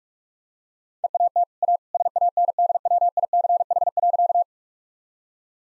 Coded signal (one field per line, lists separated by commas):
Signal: Morse code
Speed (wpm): 41 wpm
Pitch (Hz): 700 Hz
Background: none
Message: EAT A SANDWICH.